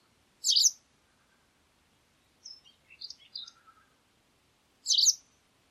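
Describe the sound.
Bird calls: two sharp, loud chirps a few seconds apart, with a softer run of quick twittering notes between them.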